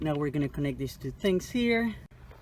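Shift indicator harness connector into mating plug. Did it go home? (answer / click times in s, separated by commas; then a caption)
no / none. On a 2008 VW Beetle, the two halves of the shift indicator harness connector are being handled to go into the mating plug while a man talks for most of the clip. After the talking stops, only faint, brief handling noises are heard near the end. Nothing has seated or clicked yet.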